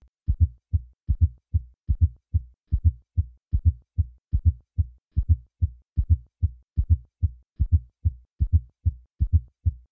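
Adult heart heard by stethoscope, with a fourth heart sound (S4 gallop).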